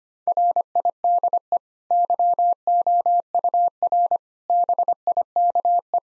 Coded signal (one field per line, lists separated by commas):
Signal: Morse code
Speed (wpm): 25 wpm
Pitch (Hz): 700 Hz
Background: none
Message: RIDE YOUR BIKE